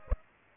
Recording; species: mosquito wingbeat signal from an infrared sensor; Aedes aegypti